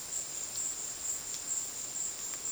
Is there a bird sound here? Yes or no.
no